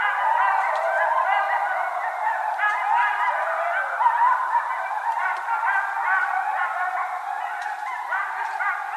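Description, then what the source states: Coyotes in a dense group chorus of overlapping yips, warbles and short wavering howls, continuous and busy throughout. Coyotes, recorded on 13 January 2012.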